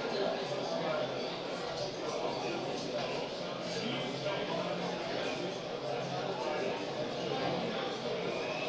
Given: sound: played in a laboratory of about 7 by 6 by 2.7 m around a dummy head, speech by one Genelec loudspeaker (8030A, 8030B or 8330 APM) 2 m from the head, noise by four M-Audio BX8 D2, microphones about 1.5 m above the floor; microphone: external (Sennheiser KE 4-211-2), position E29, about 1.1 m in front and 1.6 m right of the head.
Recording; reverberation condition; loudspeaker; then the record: cafeteria noise; medium; four, about 170 cm from the corners of the room and facing them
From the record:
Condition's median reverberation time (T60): about 510 ms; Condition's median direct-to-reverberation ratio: about -0.5 dB